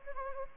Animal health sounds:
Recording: mosquito wingbeat signal from an infrared sensor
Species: Anopheles gambiae

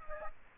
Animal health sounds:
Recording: mosquito wingbeat signal from an infrared sensor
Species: Aedes aegypti

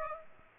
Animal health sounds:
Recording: mosquito wingbeat signal from an infrared sensor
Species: Aedes aegypti

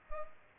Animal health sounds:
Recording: mosquito wingbeat signal from an infrared sensor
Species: Culex pipiens

